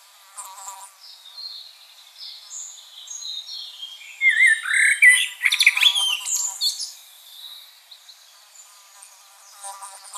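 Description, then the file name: Common blackbird song: quiet scattered chirps, then a burst of mellow warbled notes mixed with dense squeaky twittering midway, fading to faint chirps again. "Turdus merula"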